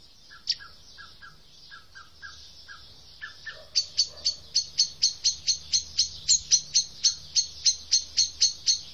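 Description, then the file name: Eurasian blackbird calls: sharp, high clicking notes repeated rapidly in a steady series after a few seconds of softer, lower chirps, with faint low background hum. "Turdus merula"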